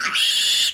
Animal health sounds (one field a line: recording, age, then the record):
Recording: pig call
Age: piglet (1 to 25 days)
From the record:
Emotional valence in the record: negative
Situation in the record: restrain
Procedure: sham castration, cut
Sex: male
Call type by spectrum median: high-frequency call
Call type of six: high-frequency modulated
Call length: 0.74 s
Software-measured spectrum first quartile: 2986 Hz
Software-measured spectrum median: 3633 Hz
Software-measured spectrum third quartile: 5649 Hz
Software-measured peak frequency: 3429 Hz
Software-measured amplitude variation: 95 dB a second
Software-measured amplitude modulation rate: 16.8 a second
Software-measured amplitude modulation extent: 5.6 dB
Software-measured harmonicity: 3.2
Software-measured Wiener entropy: -2.40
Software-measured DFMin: 1031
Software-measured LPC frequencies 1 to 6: 1384, 1862, 2883, 3418, 4433, 5069 Hz